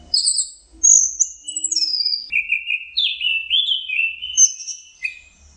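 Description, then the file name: Orange-headed thrush song: a varied run of clear whistled phrases, high notes dropping to lower warbled runs, continuous and rich. Training recording used for teaching song to caged birds. "suara masteran anis merah"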